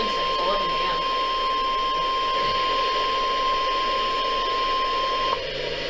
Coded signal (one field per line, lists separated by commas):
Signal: Emergency Alert System (SAME) tones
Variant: 1050 Hz attention tone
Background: speech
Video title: RWT/Required Wednesday Test EAS #105